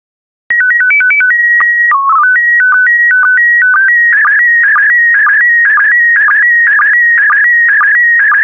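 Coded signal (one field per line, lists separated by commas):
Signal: SSTV (slow-scan television)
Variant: PD120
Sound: steady leader tones and a short stepped header, then warbling scan tones with twice-per-second ticks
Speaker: get ready starting transmission in 5 4 3 2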